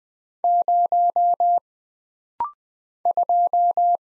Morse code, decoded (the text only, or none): 0 2